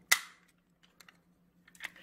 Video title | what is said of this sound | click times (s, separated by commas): 또봇V 시즌2 새로운 또봇! "레오카이저" 변신 강화 또키 합체~ 익스텐션모드 변신로봇! 맥시머스V 3단합체 / TOBOT V - REO KAISER | 반대 다리도 마찬가지로 올려주고 딸깍 소리가 날 때까지 위로 한 번 더. | 0.1 s